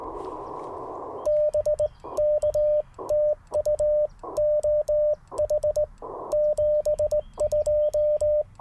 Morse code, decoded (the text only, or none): BK TU OH 72